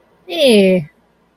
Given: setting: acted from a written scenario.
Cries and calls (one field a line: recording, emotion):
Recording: vocal sound without words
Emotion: disgust